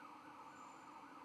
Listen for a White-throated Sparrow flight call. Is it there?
no